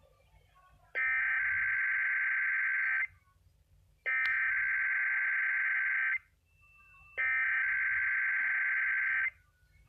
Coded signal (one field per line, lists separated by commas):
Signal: Emergency Alert System (SAME) tones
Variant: header bursts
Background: speech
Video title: RWT + RMT - WWF56 - EAS #4-5